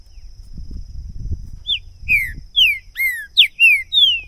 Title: Esse É PERFEITO Para ESQUENTAR Seu TRINCA Piando, Cantando E Macheando Na DISPUTA. LEVEI 2 TRINCA FERRO NO MATO!! PERFEITO PARA ABRIR O CANTO DO TRINCA FERRO!! 2022!